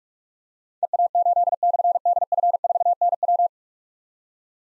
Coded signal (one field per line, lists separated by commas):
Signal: Morse code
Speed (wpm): 44 wpm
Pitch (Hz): 700 Hz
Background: none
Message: EA8/DF4NW